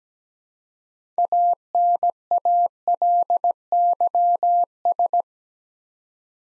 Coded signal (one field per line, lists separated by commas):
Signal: Morse code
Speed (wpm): 17 wpm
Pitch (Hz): 700 Hz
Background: none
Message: ANALYS